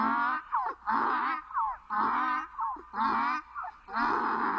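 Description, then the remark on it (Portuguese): An angry donkey at a gate, ears flattened and teeth bared, brays loudly in a rhythmic hee-haw, with about five harsh, wheezing cycles that alternate between a rasping high note and a lower gasping one. No voices are heard. “Quando me viu, foi murchando as orelhas, mostrando os dentes e começou a relinchar.”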